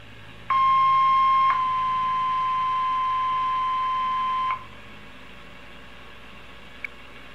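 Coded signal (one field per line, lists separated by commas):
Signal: two-tone page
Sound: a one-second steady beep, then a slightly lower steady tone for three seconds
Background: faint hiss, small click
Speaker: is the cool tuner in action admittedly this sought this process is a little hands-on but it can be done you basically focus on the digits on the left side of the decimal point when the tones go by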